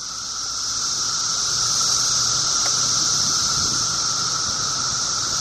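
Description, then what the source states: Periodical cicadas in a dense chorus, a steady continuous high-pitched whine with a fainter lower band, swelling slightly at first then holding level without pause. Reportedly recorded in this area during the previous emergence; probably a couple thousand cicadas in a cluster of trees.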